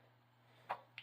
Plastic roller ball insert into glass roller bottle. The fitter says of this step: drop it on the floor. This just snaps into place,